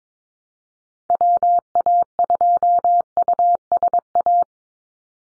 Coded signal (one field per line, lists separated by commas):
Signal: Morse code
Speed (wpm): 22 wpm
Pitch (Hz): 700 Hz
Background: none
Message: WA2USA